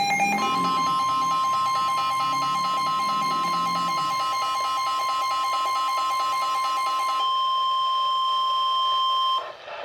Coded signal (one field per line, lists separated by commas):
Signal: Emergency Alert System (SAME) tones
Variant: 1050 Hz attention tone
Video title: (EAS) Tornado Warning